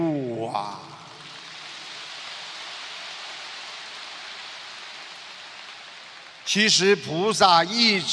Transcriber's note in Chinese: 掌声